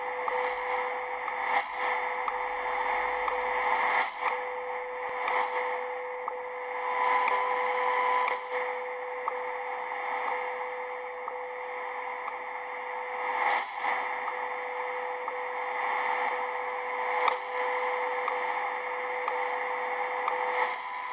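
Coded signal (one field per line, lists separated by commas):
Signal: radio time signal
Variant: WWVH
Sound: steady 500 Hz tone through hiss, short clicks each second, fading in and out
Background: radio static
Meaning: Each tick marks one second, over a steady 500 Hz minute tone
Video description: Sonidos: Beeps ( 2 sonidos ), Locutora en Ingles. ID en 03:34 UTC: " At The Tone Three Hours, Thirty Four minutes. __ Universal Time "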